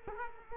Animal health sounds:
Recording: mosquito wingbeat signal from an infrared sensor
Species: Culex quinquefasciatus

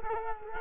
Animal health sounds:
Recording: mosquito wingbeat signal from an infrared sensor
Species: Culex quinquefasciatus

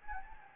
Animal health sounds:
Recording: mosquito wingbeat signal from an infrared sensor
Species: Anopheles gambiae

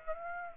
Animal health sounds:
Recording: mosquito wingbeat signal from an infrared sensor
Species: Aedes aegypti

